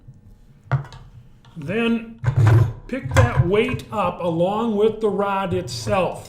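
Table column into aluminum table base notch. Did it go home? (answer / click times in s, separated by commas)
yes / 0.7 s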